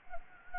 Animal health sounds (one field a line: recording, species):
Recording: mosquito wingbeat signal from an infrared sensor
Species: Anopheles gambiae